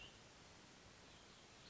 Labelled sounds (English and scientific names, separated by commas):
Cassin's Vireo (Vireo cassinii)